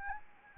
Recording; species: mosquito wingbeat signal from an infrared sensor; Anopheles arabiensis